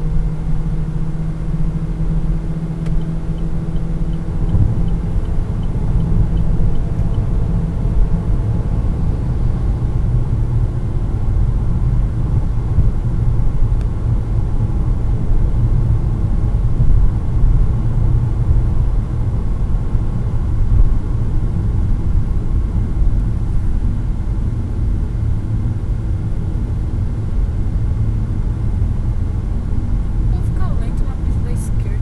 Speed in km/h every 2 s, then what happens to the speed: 107, 109, 112, 113, 113, 113, 113, 112, 112, 112, 104, 94, 88, 88, 92, 93.
0-5 speeds up to 113. 5-18 steady at about 113. 18-24 brakes to 88.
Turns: none.